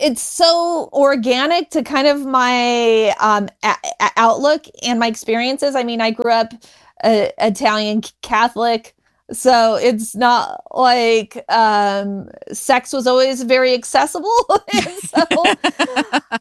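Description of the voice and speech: An adult woman who stutters speaks with prolonged sounds, glottal blocks and drawn-out fillers breaking her flow, typical of stuttering.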